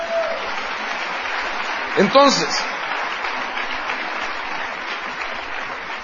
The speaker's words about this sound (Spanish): Dele palmas al Señor.